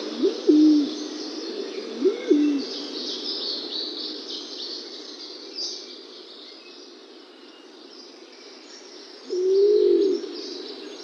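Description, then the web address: Laurel pigeon display calls: low hooting coos with a sharp upward inflection, two close together then one longer rising-falling coo, over a steady high hiss. Male display. "Schulze Peter Laurel Pigeon"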